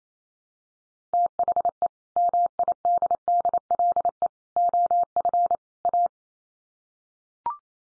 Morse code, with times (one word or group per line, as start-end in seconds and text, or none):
1.1-1.9 THE
2.2-4.3 MIDDLE
4.6-5.5 OF
5.8-6.1 A